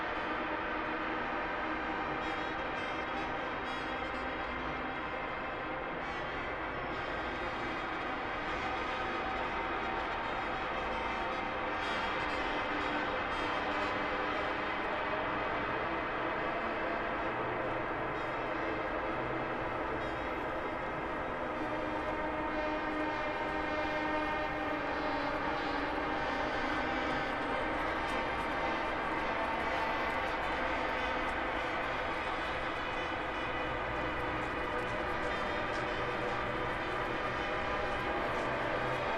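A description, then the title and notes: A street musician plays the old imperial anthem on a trumpet, sustained bright notes held over a constant, dense city roar. Traffic rumbles low throughout, with passing vehicles and faint voices mixing in, and the level stays loud and even for the whole stretch. Winter in Saint Petersburg presents a sound art work with field recordings collected in Saint Petersburg. The half-hour composition begins with echoes of the anthem of the Russian Empire "God Save the Tsar" played on a trumpet by a street musician near the Palace Square.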